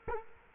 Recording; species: mosquito wingbeat signal from an infrared sensor; Culex quinquefasciatus